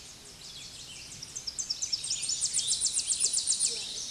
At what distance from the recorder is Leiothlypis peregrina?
about 30 m